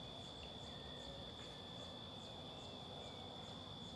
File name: Ambiencia rural grilos, vaca, passaros, mosca, galo, transito longe